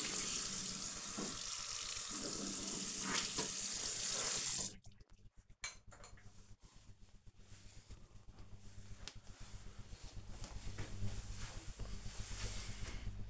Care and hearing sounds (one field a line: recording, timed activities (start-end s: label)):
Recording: household activities, microphone on the right wrist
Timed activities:
0.00-5.84 s: brushing teeth